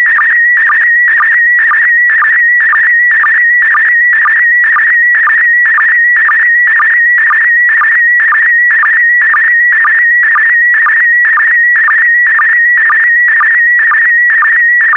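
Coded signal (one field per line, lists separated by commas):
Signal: SSTV (slow-scan television)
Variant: PD120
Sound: steady warbling tone near 2 kHz with rhythmic short low clicks about twice a second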